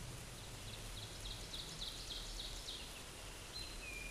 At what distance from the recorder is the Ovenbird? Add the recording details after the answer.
about 60 m. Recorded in a Pennsylvania forest on 17 May 2023 at 13:15. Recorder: AudioMoth, point grid1_13_low. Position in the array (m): 155 m, 77 m